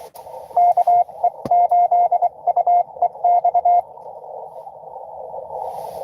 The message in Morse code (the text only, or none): KE8UEX